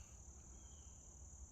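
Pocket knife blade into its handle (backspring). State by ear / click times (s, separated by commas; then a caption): not seated / none. The blade of a Bear and Son Bigfoot aluminum-handled slipjoint pocket knife is being handled toward closing, where the backspring would snap it home in the handle. Only a steady high-pitched whine near 7 kHz over a low rumble is heard, with no sharp hit. Nothing has seated or snapped shut yet.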